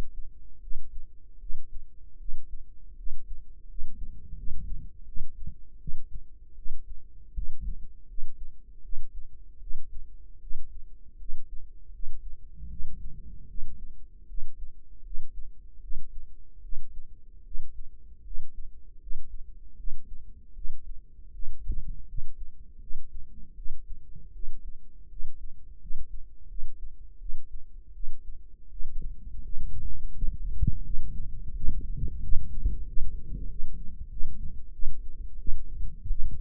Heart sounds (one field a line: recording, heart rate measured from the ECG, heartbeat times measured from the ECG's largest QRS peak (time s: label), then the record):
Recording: heart sounds by microphone in the right ear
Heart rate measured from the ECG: 81 bpm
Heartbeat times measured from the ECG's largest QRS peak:
0.58 s: heartbeat
1.37 s: heartbeat
2.16 s: heartbeat
2.94 s: heartbeat
3.66 s: heartbeat
4.34 s: heartbeat
5.04 s: heartbeat
5.77 s: heartbeat
6.53 s: heartbeat
7.32 s: heartbeat
8.05 s: heartbeat
8.80 s: heartbeat
9.58 s: heartbeat
10.38 s: heartbeat
11.16 s: heartbeat
11.90 s: heartbeat
12.67 s: heartbeat
13.46 s: heartbeat
14.25 s: heartbeat
15.01 s: heartbeat
15.79 s: heartbeat
16.60 s: heartbeat
17.42 s: heartbeat
18.22 s: heartbeat
18.98 s: heartbeat
19.75 s: heartbeat
20.52 s: heartbeat
21.30 s: heartbeat
22.05 s: heartbeat
22.78 s: heartbeat
23.53 s: heartbeat
24.31 s: heartbeat
25.07 s: heartbeat
25.78 s: heartbeat
26.46 s: heartbeat
27.17 s: heartbeat
27.91 s: heartbeat
28.68 s: heartbeat
29.40 s: heartbeat
30.10 s: heartbeat
30.82 s: heartbeat
31.52 s: heartbeat
32.20 s: heartbeat
32.84 s: heartbeat
33.46 s: heartbeat
34.08 s: heartbeat
34.70 s: heartbeat
35.36 s: heartbeat
36.07 s: heartbeat
From the record:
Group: healthy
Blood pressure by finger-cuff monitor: 98/65 mmHg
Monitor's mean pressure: 75 mmHg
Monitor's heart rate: 79 bpm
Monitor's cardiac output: 5.9 L/min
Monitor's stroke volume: 75 mL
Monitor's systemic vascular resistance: 910 dyn s/cm5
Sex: female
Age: 19 years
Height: 163 cm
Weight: 51 kg